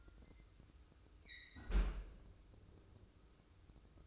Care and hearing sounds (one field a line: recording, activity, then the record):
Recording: daily activity, microphone in the room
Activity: close fridge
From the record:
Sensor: 2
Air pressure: 995.1 hPa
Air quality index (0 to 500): 65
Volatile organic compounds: 2 ppm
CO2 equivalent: 1105 ppm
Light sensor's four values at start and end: 17/56/22/21 and 17/56/22/21